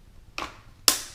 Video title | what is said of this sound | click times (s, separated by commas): Fiat 500e - Teardown - episode #5 | It clicks right there, and then it pops out like that. | 0.4 s, 0.9 s